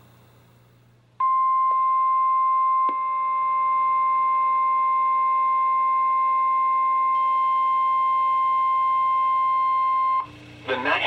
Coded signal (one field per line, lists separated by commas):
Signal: Emergency Alert System (SAME) tones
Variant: 1050 Hz attention tone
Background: speech